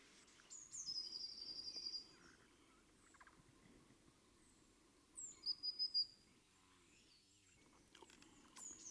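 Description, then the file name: Eurasian blue tit giving two high trilled phrases, the second short, with scattered faint chirps and steady background noise. "Cyanistes caeruleus"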